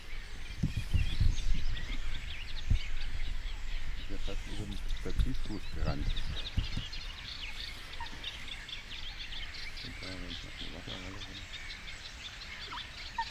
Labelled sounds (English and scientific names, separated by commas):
Spotted Crake (Porzana porzana)